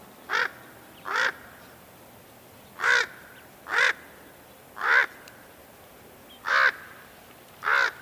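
Raven uttering seven short, harsh caws at irregular intervals over a steady hiss of background noise.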